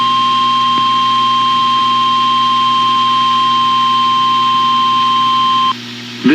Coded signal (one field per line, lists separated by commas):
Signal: Emergency Alert System (SAME) tones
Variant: 1050 Hz attention tone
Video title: Mid April Wednesday Tests (EAS #26058-26080) 4/16/25